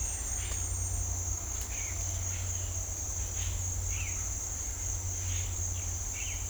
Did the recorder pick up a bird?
yes